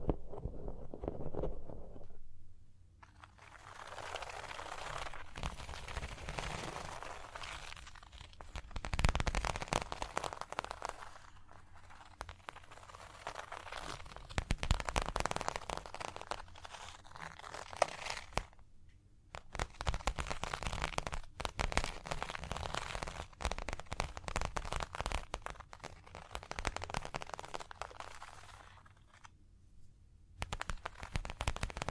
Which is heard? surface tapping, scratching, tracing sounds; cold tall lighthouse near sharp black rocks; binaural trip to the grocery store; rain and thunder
surface tapping, scratching, tracing sounds